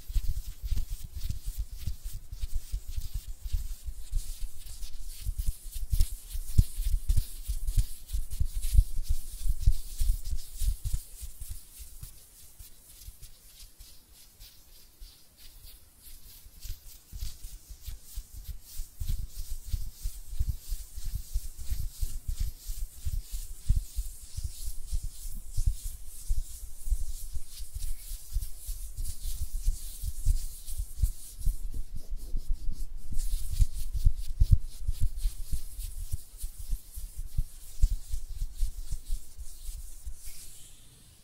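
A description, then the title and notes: Hands rubbing and brushing together, making a dense, continuous stream of soft scraping strokes with a low thumping undertone and a hiss on top. The rubbing eases off and goes quieter around 11 to 16 seconds, then builds back up and continues steadily to the end. ASMR Relaxing Hand Sounds (No Talking).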